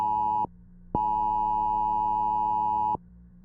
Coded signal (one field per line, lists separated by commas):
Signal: Emergency Alert System (SAME) tones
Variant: 853 and 960 Hz attention tone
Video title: EAS MOCK- The Mamba Invasion